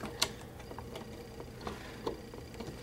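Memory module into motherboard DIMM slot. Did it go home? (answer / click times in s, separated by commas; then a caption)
no / none. A memory module is lined up notch to notch and pushed into a motherboard DIMM slot. A sharp knock is heard at 0.2 s, followed by fainter knocks and ticks through the rest of the clip. The module has not clicked into place yet.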